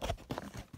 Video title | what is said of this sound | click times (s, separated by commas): Review of the Husky Weatherbeater, Husky Liners, Husky Floor Mats GMC Sierra | just pop it right in place. You hear that snap? | 0.3 s